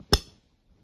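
The neck of an AOC 22-inch monitor stand is aligned with the peg hole and pushed into the stand base, latching with a single sharp plastic click at 0.1 s. A much fainter, brief sound follows near 0.9 s. The neck is confirmed seated in the base.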